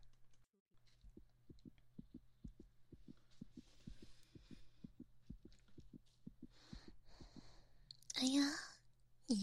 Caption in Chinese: 心跳怎么跳得这么快啊。 一般人的心跳不要这么快跳。